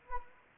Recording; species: mosquito wingbeat signal from an infrared sensor; Anopheles arabiensis